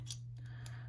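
A patina'd handle scale for a folding knife is slid onto the barrel spacers, kept lined up by a pivot alignment tool, and locks into place. Two short, sharp clicks sound at 0.1 s and 0.7 s over a steady low hum. The scale is seated.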